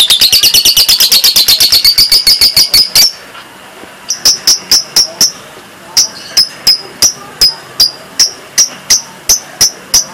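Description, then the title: Java sparrow song: a fast rattling trill of high notes, a short pause, then spaced sharp clicks repeated about three times per second. "kicau gelatik"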